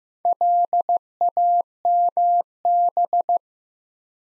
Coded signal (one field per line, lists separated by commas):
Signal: Morse code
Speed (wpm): 15 wpm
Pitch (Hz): 700 Hz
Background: none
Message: LAMB